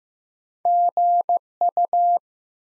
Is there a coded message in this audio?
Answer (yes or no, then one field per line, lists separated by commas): yes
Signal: Morse code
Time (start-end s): 0.7-2.2 s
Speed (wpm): 15 wpm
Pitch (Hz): 700 Hz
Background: none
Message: GU